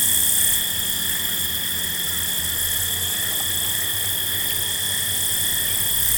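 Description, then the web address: Field crickets chirp together in a constant high trilling wash, with steady tones and a faint low rumble beneath. Several field crickets at night. "Dr Sound Effects. Field Crickets At Night"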